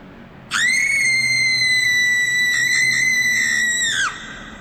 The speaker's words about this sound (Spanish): Y justo 2 segundos después de ver esta cabra, escucha un grito.